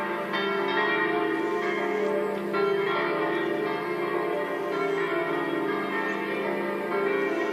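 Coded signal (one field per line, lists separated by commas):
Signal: bell signal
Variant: distesa, five swinging bells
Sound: several church bells swinging and ringing continuously in overlapping peals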